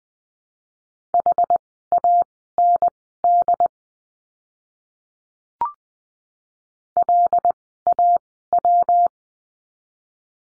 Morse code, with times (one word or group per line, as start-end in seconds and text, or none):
1.1-3.7 HAND
7.0-9.1 LAW